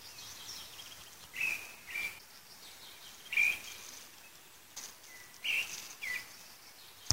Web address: ptaki drozd obrozny